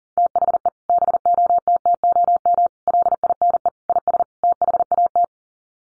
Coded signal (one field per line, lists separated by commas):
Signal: Morse code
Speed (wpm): 40 wpm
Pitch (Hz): 700 Hz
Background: none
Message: THE BOTTOM LINE IS THAT